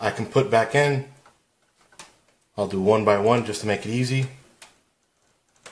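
Someone talks while handling a plastic 6-pin PCIe power cable connector at the power socket of a PNY XLR8 GTX760 OC graphics card, with a few faint short taps between and after the talking. Nothing has seated or clicked yet.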